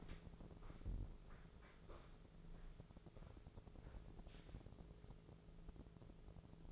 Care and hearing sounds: daily activity, microphone in the room; walk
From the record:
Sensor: 5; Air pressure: 1005.7 hPa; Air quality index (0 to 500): 88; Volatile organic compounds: 2 ppm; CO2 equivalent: 1070 ppm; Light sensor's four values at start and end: 33/76/30/28 and 33/76/30/28

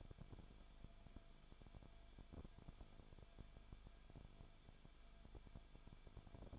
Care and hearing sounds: daily activity, microphone in the room; no activity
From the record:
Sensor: 5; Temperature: 20.4 degrees Celsius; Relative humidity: 39.7%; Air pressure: 1010.8 hPa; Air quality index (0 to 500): 165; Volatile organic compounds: 15 ppm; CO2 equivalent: 2491 ppm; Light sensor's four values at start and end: 2/3/1/1 and 2/3/1/1

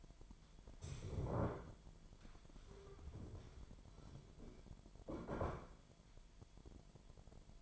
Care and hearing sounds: daily activity, microphone in the room; stand up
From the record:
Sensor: 5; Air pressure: 998.6 hPa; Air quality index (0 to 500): 93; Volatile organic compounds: 2 ppm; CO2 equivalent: 1073 ppm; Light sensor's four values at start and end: 30/73/30/34 and 30/73/30/34

